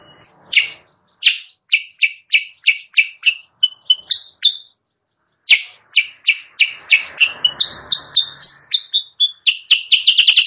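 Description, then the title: Sooty-headed bulbul song: quick bright chirps in rapid series, a brief pause, then more chirps mixed with slurred notes and a short burst of rustling noise. Training recording for caged birds, also used as a lure call; described as persistently singing (gacor). "Masteran Kutilang Sutra. suara pikat kutilang sutra kutilang sutra gacor"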